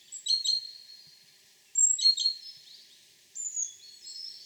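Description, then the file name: Great tit calls: two quick bursts of sharp, high chipping notes, then a thinner run of high whistled and buzzy notes near the end. "Parus major"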